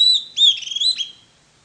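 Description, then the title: Bird song: a high, clear whistle, then a run of quick, wavering whistled notes that fade out after about a second. "LuckyPassaro Completos2Sama"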